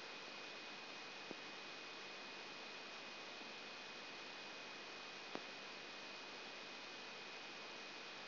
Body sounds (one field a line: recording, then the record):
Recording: brain microelectrode recording played as sound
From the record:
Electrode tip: outside the subthalamic nucleus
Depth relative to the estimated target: -4 mm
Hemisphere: left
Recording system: AlphaMap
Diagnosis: Parkinson's disease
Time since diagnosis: 14 years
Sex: male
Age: 56 years